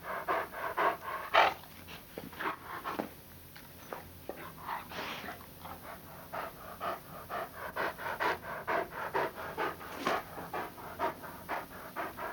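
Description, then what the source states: Dog panting in rapid, slightly uneven breaths, with a brief squeaky whimper near the start and a short pause in the middle. Panting with some whining.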